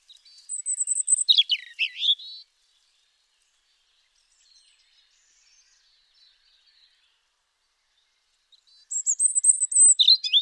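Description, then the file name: European robin song: two bright, rapid phrases several seconds apart, each with a high thin whistle and tumbling twittery notes, with faint warbling between them. "Erithacus rubecula"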